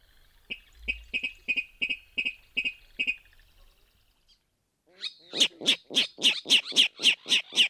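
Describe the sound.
Virginia Rail clicking and chirping calls: a run of sharp ticking notes, then after a pause a louder series of harsh chirped notes, several per second.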